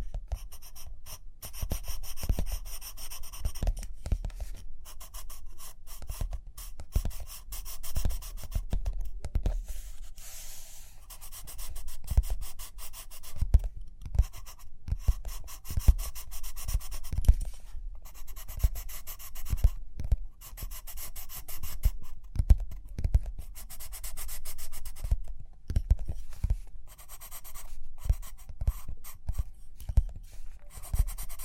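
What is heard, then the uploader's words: Steady scratchy writing and drawing strokes, with frequent soft low taps and brief pauses scattered throughout, dense and irregular from start to finish. Page Turning and Tapping, Writing, Drawing.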